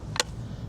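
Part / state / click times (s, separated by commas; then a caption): scooter folding stem into its fold latch / seated / 0.2 s. A Joyor S10 electric scooter's folded stem is pushed down into its metal folding latch, which gives one sharp click at 0.2 s. The click stands out over a low background rumble. The latch clicks in and the stem is locked into place.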